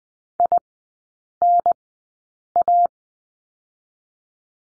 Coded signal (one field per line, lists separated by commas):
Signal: Morse code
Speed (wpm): 20 wpm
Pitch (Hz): 700 Hz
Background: none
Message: INA